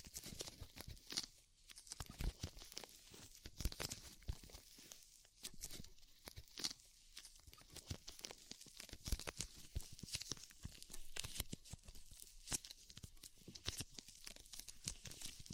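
Ear cleaning with rhinestones and clay being removed: dense, irregular crackling, tearing and crinkling sounds, with sharp clicks scattered throughout.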